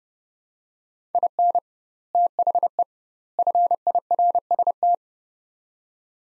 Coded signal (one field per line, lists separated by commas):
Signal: Morse code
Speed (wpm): 32 wpm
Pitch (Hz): 700 Hz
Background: none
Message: IN THE FIRST